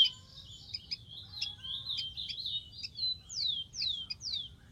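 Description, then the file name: Rufous-collared sparrow song: high rapid twittering, then three sharply falling whistled slurs in a row. "canto do tico tico"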